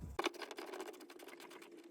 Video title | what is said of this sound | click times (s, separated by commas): Opel Astra J SERVIS | back the new filter just clicks on the "click" where the old one was and we put it back | 0.2 s